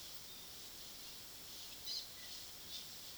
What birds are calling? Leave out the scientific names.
Dusky-headed Parakeet